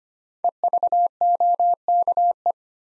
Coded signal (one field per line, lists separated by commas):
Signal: Morse code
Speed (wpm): 25 wpm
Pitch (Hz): 700 Hz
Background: none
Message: EVOKE